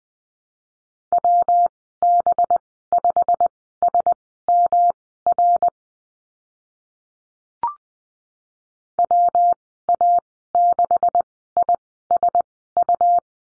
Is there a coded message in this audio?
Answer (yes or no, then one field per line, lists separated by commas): yes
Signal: Morse code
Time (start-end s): 1.1-13.2 s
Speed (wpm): 20 wpm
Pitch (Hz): 700 Hz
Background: none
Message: WB5SMR WA6ISU